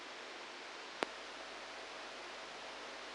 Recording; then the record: brain microelectrode recording played as sound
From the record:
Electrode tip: outside the subthalamic nucleus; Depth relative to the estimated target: 2 mm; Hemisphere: right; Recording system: NeuroSet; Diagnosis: Parkinson's disease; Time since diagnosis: 10 years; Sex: male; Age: 63 years